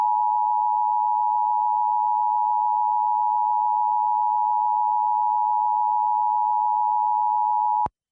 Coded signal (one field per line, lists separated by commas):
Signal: Emergency Alert System (SAME) tones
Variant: 853 and 960 Hz attention tone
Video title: EAS Required Monthly Test Tampa, Florida and New York City, New York +WeatherSTAR4000